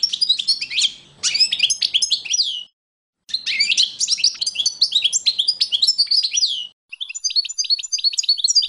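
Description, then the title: European goldfinch song, fast tinkling twittering phrases of liquid chirps and trills, broken by short pauses. "chardonneret"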